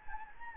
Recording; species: mosquito wingbeat signal from an infrared sensor; Anopheles gambiae